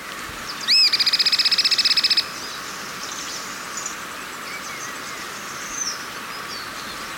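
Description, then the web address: Cliff flycatcher calling a single sharp arched note that runs straight into a fast, even, chattering trill lasting over a second, with a faint steady hum behind. Recorded in Ecuador. "Birds of Ecuador. Cliff Flycatcher"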